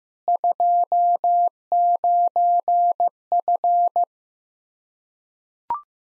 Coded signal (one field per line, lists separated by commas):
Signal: Morse code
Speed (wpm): 15 wpm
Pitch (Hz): 700 Hz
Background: none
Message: 29F